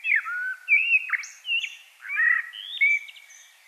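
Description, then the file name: Common blackbird song: a run of mellow, fluted whistled phrases that dip and rise between low and middle pitch, with short squeaky notes between them. "Turdus merula"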